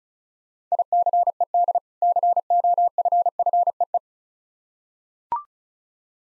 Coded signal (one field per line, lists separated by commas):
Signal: Morse code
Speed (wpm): 36 wpm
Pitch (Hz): 700 Hz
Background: none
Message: ICED COFFEE